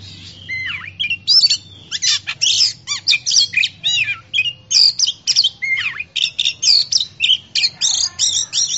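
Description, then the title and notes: Oriental magpie-robin singing loud, fast phrases of sweet whistles mixed with harsh buzzy notes, delivered in many quick bursts. Champion-class singing bird. "Kicau Burung Kacer Juara. Suara Kicauan Burung Kacer Juara"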